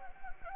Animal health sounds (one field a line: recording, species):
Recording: mosquito wingbeat signal from an infrared sensor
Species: Anopheles gambiae